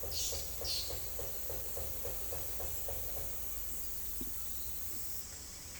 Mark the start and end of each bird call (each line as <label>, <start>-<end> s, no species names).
bird call, 0.00-1.01 s